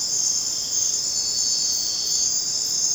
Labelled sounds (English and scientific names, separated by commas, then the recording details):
none
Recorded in dense forest near Puerto Asís, Putumayo, Colombia, on 23 June 2025 at 22:30
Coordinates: 0.484, -76.317
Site G045